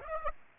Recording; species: mosquito wingbeat signal from an infrared sensor; Aedes aegypti